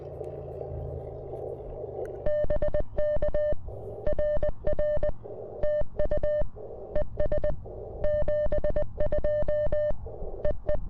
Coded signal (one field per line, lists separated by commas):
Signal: Morse code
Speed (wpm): 20 wpm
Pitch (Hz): 590 Hz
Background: music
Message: BK RR TU ES 72 EE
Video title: KM4CFT Activates POTA with the CFT1